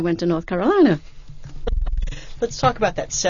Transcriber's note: they laugh